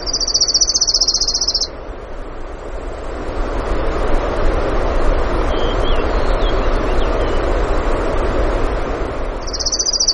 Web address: alaska acoustic highlights BIRDS 20160616 053228 Orange-Crowned